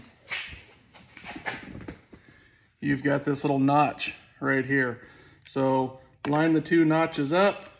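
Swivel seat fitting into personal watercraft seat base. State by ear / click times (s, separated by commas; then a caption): not seated / none. A swivel seat part is handled on the seat base of a GTX 300 Limited personal watercraft as the two notches are lined up, with a few faint handling taps around 1.2 s, 1.8 s and 1.9 s. Someone then talks through the rest of the clip. Nothing has seated or clicked yet.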